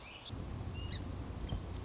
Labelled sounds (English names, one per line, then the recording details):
Song Sparrow
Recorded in Sonoma County, California